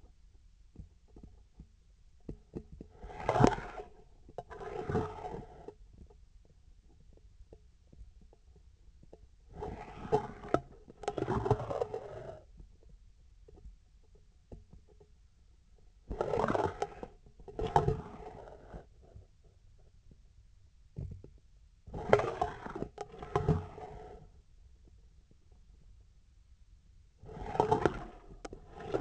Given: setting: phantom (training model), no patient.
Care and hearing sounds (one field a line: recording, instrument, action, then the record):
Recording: laparoscopic instrument, vibration sensor on the handle end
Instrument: scissors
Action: approaching and retracting movements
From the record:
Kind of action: spatial motion